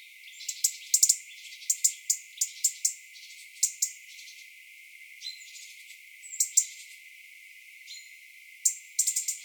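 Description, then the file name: European robin giving many hard, dry ticks, singly or in quick runs, with short pauses between. "Erithacus rubecula"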